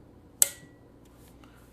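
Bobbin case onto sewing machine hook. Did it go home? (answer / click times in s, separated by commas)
yes / 0.4 s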